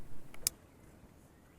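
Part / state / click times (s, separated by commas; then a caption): single-wire connector on oil pressure switch wire / seated / 0.5 s. The single-wire plastic connector for the oil pressure switch on a Skoda Fabia PD (Mk1, 2000–2007) is closed around its terminal. A faint tick at 0.3 s comes before a sharp, loud click at 0.5 s as the connector housing clicks shut and seats.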